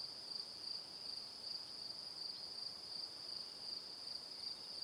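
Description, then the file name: Cricket chirping as a shrill, pulsed trill repeating in rapid regular bursts without pause. Evening. "Calm - Evening Crickets"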